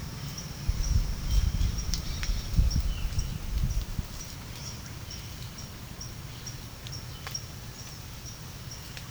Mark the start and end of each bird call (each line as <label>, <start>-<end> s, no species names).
bird call, 1.27-1.86 s
bird call, 2.89-3.09 s